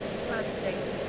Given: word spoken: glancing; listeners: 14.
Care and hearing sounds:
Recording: one English word in noise, from a listening test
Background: speech-shaped noise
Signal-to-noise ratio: -5.1 dB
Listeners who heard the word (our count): 2 of 14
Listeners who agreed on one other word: 6 of 14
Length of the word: 0.70 s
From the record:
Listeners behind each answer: 6, 3, 2, 1, 1, 1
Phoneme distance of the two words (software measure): 20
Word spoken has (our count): 2 syllables, 7 phonemes, stress on syllable 1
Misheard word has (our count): 2 syllables, 7 phonemes, stress on syllable 1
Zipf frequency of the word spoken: 2.91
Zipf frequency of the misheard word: 2.73

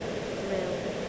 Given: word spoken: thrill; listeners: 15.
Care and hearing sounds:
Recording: one English word in noise, from a listening test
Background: speech-shaped noise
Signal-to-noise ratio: -4.2 dB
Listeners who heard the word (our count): 3 of 15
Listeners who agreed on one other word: 9 of 15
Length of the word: 0.69 s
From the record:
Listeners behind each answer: 9, 3, 1, 1, 1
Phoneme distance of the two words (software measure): 10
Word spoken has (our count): 1 syllable, 4 phonemes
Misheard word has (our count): 1 syllable, 4 phonemes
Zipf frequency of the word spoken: 3.86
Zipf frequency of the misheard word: 3.72

